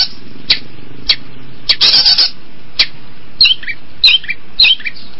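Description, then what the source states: Long-tailed shrike with isolated sharp clicks, one loud rasping burst, then a few short whistled, twisting notes near the end. Combination song.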